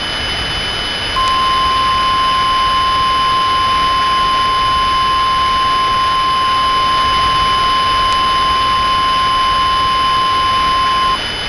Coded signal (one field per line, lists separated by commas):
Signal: Emergency Alert System (SAME) tones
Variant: 1050 Hz attention tone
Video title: [EAS Mock] Houston Derecho